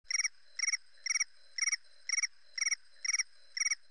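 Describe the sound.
Cricket chirping in regular bursts of three or four quick pulses, repeated about twice per second, bright and clear over a quiet background.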